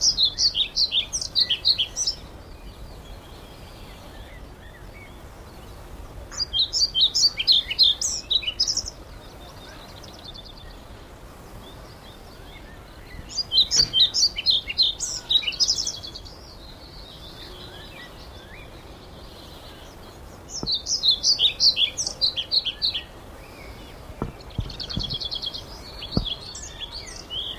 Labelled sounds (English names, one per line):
European Pied Flycatcher song